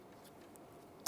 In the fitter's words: push that into the brake pad so it locks in place